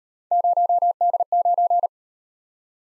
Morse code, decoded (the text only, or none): 0D9